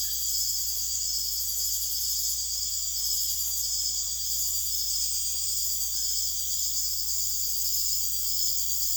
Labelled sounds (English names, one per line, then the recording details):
none
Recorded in secondary vegetation near Puerto Asís, Putumayo, Colombia, on 21 December 2024 at 00:30
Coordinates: 0.488, -76.319
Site GP04